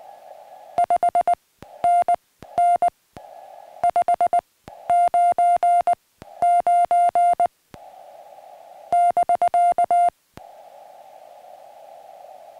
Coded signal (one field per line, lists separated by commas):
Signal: Morse code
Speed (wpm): 19 wpm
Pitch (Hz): 700 Hz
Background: music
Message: 5NN 599 <BK>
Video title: Why my SOTA antenna is a linked dipole